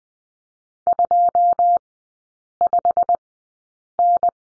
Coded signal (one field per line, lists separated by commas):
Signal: Morse code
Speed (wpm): 20 wpm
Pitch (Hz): 700 Hz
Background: none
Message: 25N